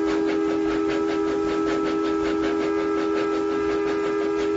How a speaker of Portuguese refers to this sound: E apitou, vindo em sentido inverso, um outro trem iluminado.